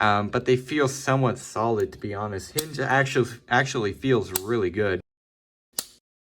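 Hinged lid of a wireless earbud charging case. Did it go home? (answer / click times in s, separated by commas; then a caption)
yes / 5.8 s. Someone talks for about five seconds, then after a short silence the hinged plastic lid of a wireless earbud charging case snaps shut with a single sharp click at 5.8 seconds. The lid is closed while judging the case's build quality, and it clicks shut cleanly.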